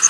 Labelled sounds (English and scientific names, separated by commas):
Yellow Warbler (Setophaga petechia) flight call